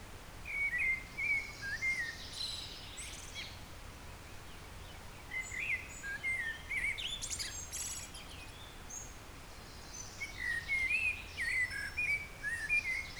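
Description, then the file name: Eurasian blackbird giving a series of fluted, warbling phrases with squeaky high flourishes, a few seconds apart, against faint constant background noise. "Turdus merula"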